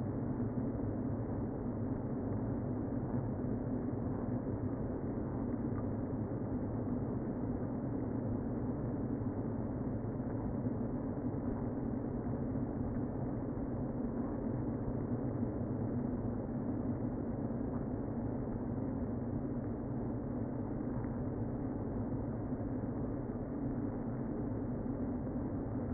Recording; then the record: honeybee colony, microphone inside the hive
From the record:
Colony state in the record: queen present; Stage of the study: before two queens were removed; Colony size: about 60,000 bees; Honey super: yes